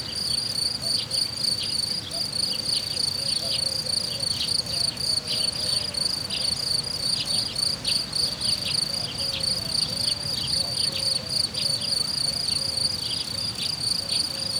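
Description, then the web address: Cricket song, an unbroken high pulsed trill running the whole time, with soft wavering tones below. Cricket recorded in nature at Hortobágy in 2014, described as idyllic. "allathangok termeszetben tucsok professzionalis 2014 idilli balmikrofonraraszallorovar hortobagy"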